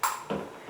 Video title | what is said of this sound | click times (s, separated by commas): Before Punch List we do this | You might hear the little click is a magnetic door stop that holds that door from hitting the paneling. | 0.3 s